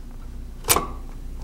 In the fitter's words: this is the sound of the baffle as it's locked into place when you're about to change a lens so